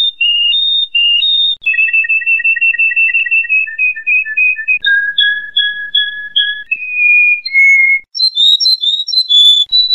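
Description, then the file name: Canary song in clear whistled tours: rapid repeated notes held on one pitch, then shifting to lower and higher series, ending in a bright, higher-pitched chattering phrase. "kenari"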